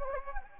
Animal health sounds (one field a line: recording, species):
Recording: mosquito wingbeat signal from an infrared sensor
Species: Anopheles gambiae